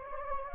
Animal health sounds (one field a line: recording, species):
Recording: mosquito wingbeat signal from an infrared sensor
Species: Anopheles gambiae